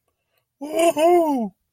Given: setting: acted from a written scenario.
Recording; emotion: vocal sound without words; triumph